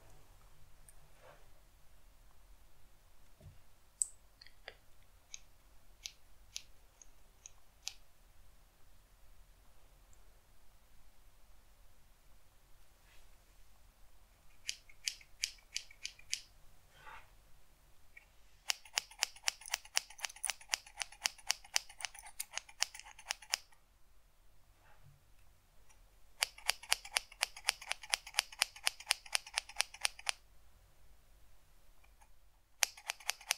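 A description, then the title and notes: A haircut roleplay with scissor sounds: scattered soft clicks and snips in the first half, then two long runs of fast, crisp snipping around 19–23 and 26–30 seconds, with a short burst at the very end. A faint low hum sits underneath throughout. ASMR Haircut Roleplay.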